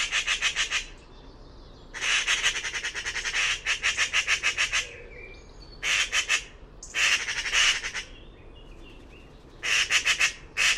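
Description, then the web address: Bird producing repeated raspy, chattering squawks in uneven groups, each burst made of quick pulses, with short quiet pauses and soft chirps between groups. "cianscape birddata Deverinetal 2025 Bird Only Pi Pi Pi Pi"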